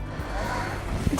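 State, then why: Not seated. A seat belt tongue is handled and guided toward the buckle on the side of the operator seat of a Caterpillar F2 excavator-loader during a daily check, with steady low rumbling and faint handling rustle throughout. Nothing has seated or clicked yet; the clip ends just before the tongue goes home in the buckle.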